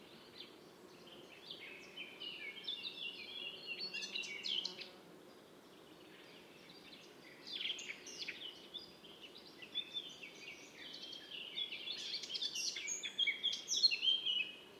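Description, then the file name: Eurasian blackcap song, fast jumbled warbling phrases in two main bursts separated by a quiet gap, the second burst growing louder toward the end, with faint steady background noise. "Sylvia atricapilla"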